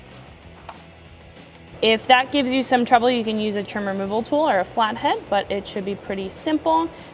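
A plastic wiring-harness retaining clip on the back of the air intake resonator of a 2016-2020 Toyota Tacoma 3.5L is pried free and pops off with a single sharp click at 0.7 s. Someone then talks over background music.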